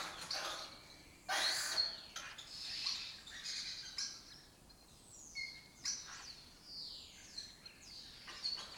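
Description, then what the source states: Lesser kestrel harsh calls: a loud rasping burst early on, then softer repeated chattering and sweeping notes. Breeding colony occupying an abandoned building complex in Doñana, southern Europe; migratory birds that forage in West Africa and breed in southern Europe.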